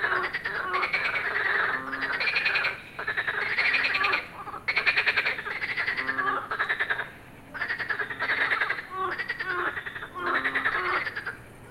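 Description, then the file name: Frogs calling together in loud rattling waves, several croaking at once with short gaps. "grenouilles"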